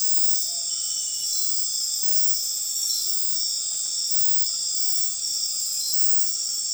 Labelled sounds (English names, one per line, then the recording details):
Tropical Screech-Owl
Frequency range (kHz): Tropical Screech-Owl 0.2-1.1 kHz
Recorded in dense forest near Puerto Asís, Putumayo, Colombia, on 21 February 2024 at 01:00
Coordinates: 0.502, -76.326
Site G6460